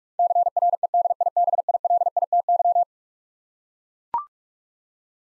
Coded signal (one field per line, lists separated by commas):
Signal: Morse code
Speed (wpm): 42 wpm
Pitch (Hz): 700 Hz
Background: none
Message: CREDIBILITY